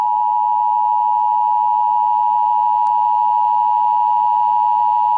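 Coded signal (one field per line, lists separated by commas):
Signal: Emergency Alert System (SAME) tones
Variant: 853 and 960 Hz attention tone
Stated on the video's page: Mock EAS alert for flooding; not a real alert.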